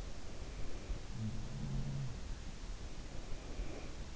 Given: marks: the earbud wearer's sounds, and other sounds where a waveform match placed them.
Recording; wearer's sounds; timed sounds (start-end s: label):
sounds in sleep by an in-ear microphone; breath
0.00-2.63 s: sound from someone else or the room
0.16-1.45 s: breath
3.04-4.16 s: breath